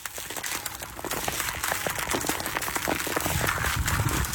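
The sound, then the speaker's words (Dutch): Skates scraping and crackling over thin natural ice, 3 to 4 centimetres thick, on open water at Haren, near Groningen: a dense, steady stream of sharp clicks and hissy scrapes, fairly loud throughout, with no voices. “En dan zien we filmpjes op YouTube waarop u eergisteren al op het ijs bent, buiten op het ijs. En dat klinkt dan zo heerlijk.”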